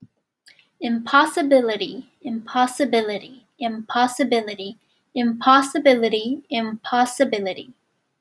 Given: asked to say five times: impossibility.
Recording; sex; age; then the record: repeated word; female; 30 to 39 years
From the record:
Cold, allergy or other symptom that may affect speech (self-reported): no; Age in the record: 32 years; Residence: Nevada, United States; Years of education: 16